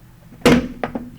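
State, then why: Seated. Two formed sheet metal duct pieces with a modified snap lock seam are pushed together by hand. A sharp, bright snap at 0.5 s rings briefly, followed by two smaller metallic ticks at about 0.8 and 1.0 s. The seam locks and is seated.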